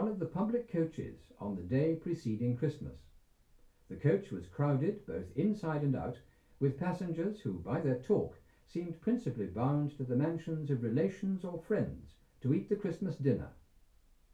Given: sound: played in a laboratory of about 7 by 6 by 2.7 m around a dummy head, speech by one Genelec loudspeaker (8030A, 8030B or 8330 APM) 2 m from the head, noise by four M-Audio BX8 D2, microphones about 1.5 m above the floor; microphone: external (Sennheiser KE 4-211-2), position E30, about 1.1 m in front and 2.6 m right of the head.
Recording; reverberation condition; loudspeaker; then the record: male speech in English; low; 60 degrees to the right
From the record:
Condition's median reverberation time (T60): about 310 ms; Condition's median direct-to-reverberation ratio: about 3.5 dB